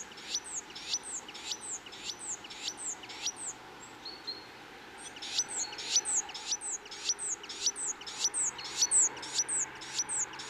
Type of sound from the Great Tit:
song